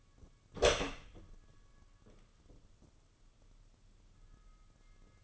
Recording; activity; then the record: daily activity, microphone in the room; open door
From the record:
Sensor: 4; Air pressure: 995.1 hPa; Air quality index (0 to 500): 187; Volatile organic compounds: 104 ppm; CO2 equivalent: 3780 ppm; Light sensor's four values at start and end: 6/15/6/7 and 23/60/23/27